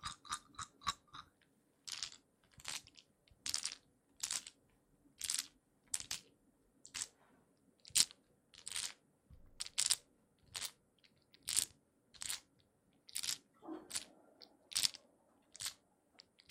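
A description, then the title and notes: Wooden eggs knock and clack together in a steady run of sharp, bright taps, roughly one or two per second, after a quick flurry of small clicks at the start. Near the fourteen-second mark a brief rolling scrape breaks the pattern. ASMR Relaxing wooden eggs sounds (No Talking).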